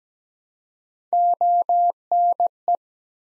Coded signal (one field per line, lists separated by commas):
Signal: Morse code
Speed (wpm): 17 wpm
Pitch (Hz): 700 Hz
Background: none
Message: ONE